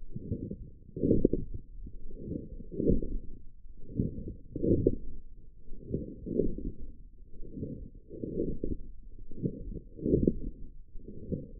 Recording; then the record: forearm muscle sounds (acoustic myography)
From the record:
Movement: forearm pronation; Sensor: system 1, eight BSWA MPA416 microphones around the upper forearm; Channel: 7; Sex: male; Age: 21 years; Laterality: right